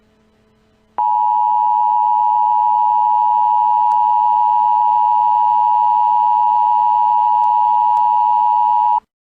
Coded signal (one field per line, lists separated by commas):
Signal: Emergency Alert System (SAME) tones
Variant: 853 and 960 Hz attention tone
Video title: EAS Scenario- Tyrone, PA Chemical Plant Disaster